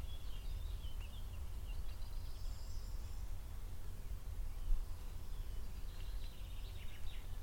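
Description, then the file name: Eurasian blackcap faintly singing two warbled phrases of varied high notes, one at the start and another near the end, with steady low-pitched background noise throughout. "Sylvia atricapilla"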